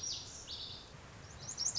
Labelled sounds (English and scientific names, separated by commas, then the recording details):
Lazuli Bunting (Passerina amoena)
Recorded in Sonoma County, California